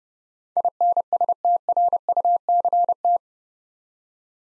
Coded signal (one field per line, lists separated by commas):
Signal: Morse code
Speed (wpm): 30 wpm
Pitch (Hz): 700 Hz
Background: none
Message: INSTRUCT